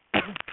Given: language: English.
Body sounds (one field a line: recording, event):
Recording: throat vibration sensor signal played as sound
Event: cough